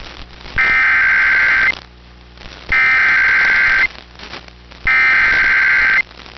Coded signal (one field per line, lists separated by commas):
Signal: Emergency Alert System (SAME) tones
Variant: header bursts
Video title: RETURN TO THE NORTHEAST | EAS Alerts from 7/12/2022 (EAS #1370-1410)